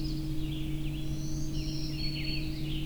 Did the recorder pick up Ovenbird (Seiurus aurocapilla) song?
no